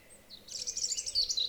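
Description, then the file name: European robin giving a short, dense, high twittering phrase of rapid thin notes after a brief faint whistle. "Erithacus rubecula"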